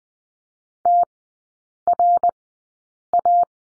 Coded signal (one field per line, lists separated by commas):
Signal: Morse code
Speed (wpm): 20 wpm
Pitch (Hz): 700 Hz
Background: none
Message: TRA